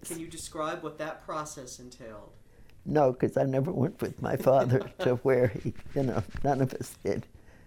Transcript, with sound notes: Can you describe what that process entailed?
No, 'cause I never went with my father (laughs) to where he, you know, none of us did.